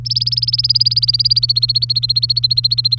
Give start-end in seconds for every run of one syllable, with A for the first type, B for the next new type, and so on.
0.05-2.99 A